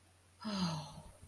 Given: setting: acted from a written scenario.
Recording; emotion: vocal sound without words; guilt